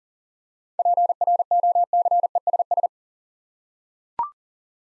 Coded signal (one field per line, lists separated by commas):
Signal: Morse code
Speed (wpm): 39 wpm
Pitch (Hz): 700 Hz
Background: none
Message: PROCESS